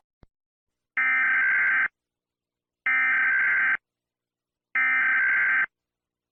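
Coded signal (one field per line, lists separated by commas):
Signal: Emergency Alert System (SAME) tones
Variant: header bursts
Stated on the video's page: Fictional practice EAS scenario, not a real emergency.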